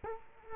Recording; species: mosquito wingbeat signal from an infrared sensor; Culex quinquefasciatus